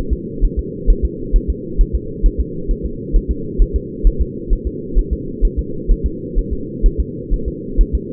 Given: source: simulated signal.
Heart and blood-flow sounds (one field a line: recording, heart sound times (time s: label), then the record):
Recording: fetal heart sounds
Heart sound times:
0.13 s: S2
0.44 s: S1
0.59 s: S2
0.90 s: S1
1.05 s: S2
1.36 s: S1
1.50 s: S2
1.81 s: S1
1.95 s: S2
2.26 s: S1
2.40 s: S2
2.71 s: S1
2.85 s: S2
3.16 s: S1
3.31 s: S2
3.62 s: S1
3.76 s: S2
4.07 s: S1
4.21 s: S2
4.53 s: S1
4.67 s: S2
4.99 s: S1
5.13 s: S2
5.45 s: S1
5.59 s: S2
5.91 s: S1
6.06 s: S2
6.39 s: S1
6.53 s: S2
6.86 s: S1
7.00 s: S2
7.34 s: S1
7.48 s: S2
7.81 s: S1
7.95 s: S2
From the record:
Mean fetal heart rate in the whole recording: 130 bpm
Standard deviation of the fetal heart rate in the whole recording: 2 bpm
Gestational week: 38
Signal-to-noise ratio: -4.3 dB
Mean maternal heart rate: 72 bpm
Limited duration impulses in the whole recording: absent